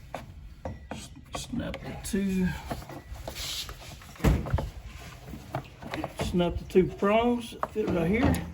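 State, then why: Not seated. Someone talks while handling the plastic top cover of the air intake on a 2012 Nissan Sentra during an air induction flexible pipe change, lining its two prongs up with their slots. Short taps, knocks and rubbing of the plastic are heard. The cover has not seated or clicked into place yet.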